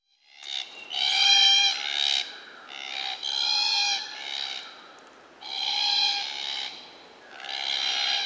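Glossy black cockatoo calling with long, rich, nasal wails repeated in several extended bursts, each creaky and slightly wavering in pitch.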